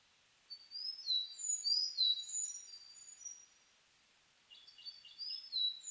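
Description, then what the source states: Sakhalin leaf warbler song: thin, very high whistled notes overlapping for about three seconds, a pause, then a burst of quick buzzy high notes and slurred whistles. Recorded 29 May 2004.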